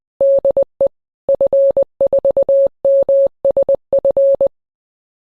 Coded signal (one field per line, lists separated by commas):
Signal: Morse code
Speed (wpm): 20 wpm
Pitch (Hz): 550 Hz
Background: none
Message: DE F4MSF